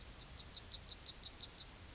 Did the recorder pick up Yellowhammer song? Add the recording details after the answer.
yes. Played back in grassland. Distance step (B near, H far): D. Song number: 006